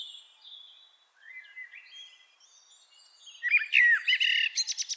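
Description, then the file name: Common blackbird phrase bursting in late with fluting notes and a rattled, squeaky ending, after faint thin whistles. "Turdus merula"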